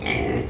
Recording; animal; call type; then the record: contact call of a hoofed animal; pig; closed-mouth grunt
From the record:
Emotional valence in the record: negative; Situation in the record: short social isolation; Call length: 0.50 s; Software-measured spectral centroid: 1770 Hz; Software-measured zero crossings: 1690 a second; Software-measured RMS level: -24 dBFS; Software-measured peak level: -8 dBFS